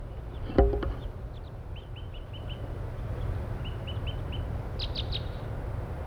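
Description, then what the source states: Crossbill toop calls, short clipped notes in quick runs, over low rumbling background noise with a thud early on. About four wild birds in pine trees near a parking lot; one bird tooping; flight calls.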